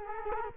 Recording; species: mosquito wingbeat signal from an infrared sensor; Culex quinquefasciatus